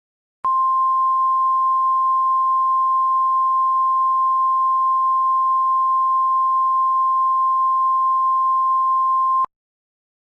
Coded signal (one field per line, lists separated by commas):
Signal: Emergency Alert System (SAME) tones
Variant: 1050 Hz attention tone